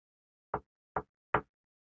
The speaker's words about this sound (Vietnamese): chị Thảo đưa tay gõ nhẹ mấy cái lên trên cửa